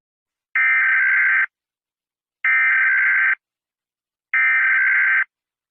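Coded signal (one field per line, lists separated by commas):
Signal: Emergency Alert System (SAME) tones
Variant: header bursts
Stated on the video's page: Fictional EAS scenario depicting a Soviet attack.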